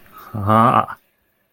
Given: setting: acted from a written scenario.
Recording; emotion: vocal sound without words; pride